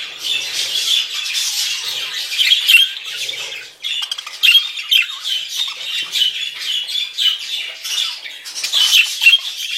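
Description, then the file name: A group of parakeets squawking and chattering together, shrill scratchy notes layered densely, dipping briefly before resuming at full intensity. A flock of parakeets calling together. "suara parkit rombongan. omkicau"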